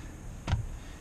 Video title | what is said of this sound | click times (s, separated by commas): Barton Shifter complete Install - Dodge Challenger Scat Pack | Listen for that audible click. | 0.5 s